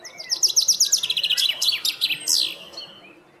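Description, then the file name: Common chaffinch song, loud and clear: a run of quick repeated notes finishing with a sharp terminal flourish. "Fringilla coelebs"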